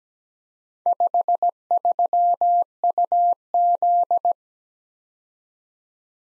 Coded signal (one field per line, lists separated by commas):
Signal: Morse code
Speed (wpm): 20 wpm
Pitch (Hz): 700 Hz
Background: none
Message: 53UZ